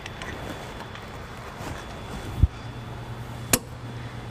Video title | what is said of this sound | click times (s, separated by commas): 2018 Chevrolet Cruze Hatchback Trailer Hitch Installation | when you hear that click that means we're there | 3.5 s